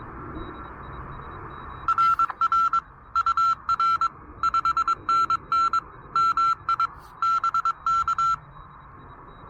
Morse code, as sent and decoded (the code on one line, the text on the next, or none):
.-. .-. / ..- .-. / ..... -. -. / -- .. / -... -.-
RR UR 5NN MI BK